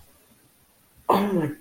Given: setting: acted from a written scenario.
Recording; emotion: vocal sound without words; elation